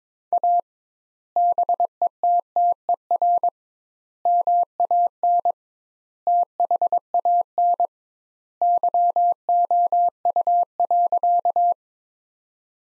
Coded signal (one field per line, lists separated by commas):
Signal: Morse code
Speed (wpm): 21 wpm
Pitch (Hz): 700 Hz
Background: none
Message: A BETTER MAN THAN YOU.